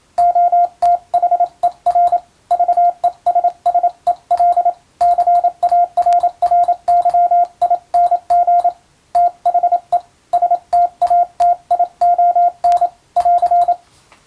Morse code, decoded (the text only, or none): OTHER VESSEL CARRYING THE STATION <AR>